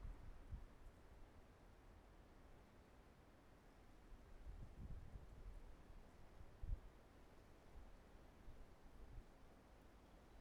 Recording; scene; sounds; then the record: everyday scene through a hearing-aid microphone; wind on the microphone; wind, traffic, birds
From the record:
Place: suburban garden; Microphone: behind the ear, right, front